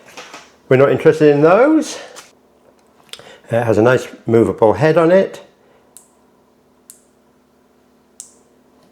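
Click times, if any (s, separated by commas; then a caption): 6.0 s, 6.9 s, 8.2 s. Someone talks, then the movable head of a compact torch is rotated step by step on the torch body. It gives three sharp, short clicks at 6.0, 6.9 and 8.2 seconds as it clicks into its detent positions in the housing.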